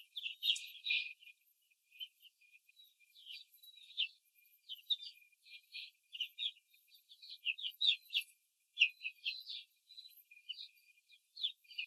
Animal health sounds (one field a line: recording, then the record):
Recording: young laying hens in a cage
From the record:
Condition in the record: control cage, before the stress test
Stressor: none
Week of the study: 4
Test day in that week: 3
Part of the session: 3